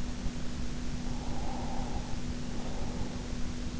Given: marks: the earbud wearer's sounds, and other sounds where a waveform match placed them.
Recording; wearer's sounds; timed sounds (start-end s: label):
sounds in sleep by an in-ear microphone; breath
0.97-3.34 s: breath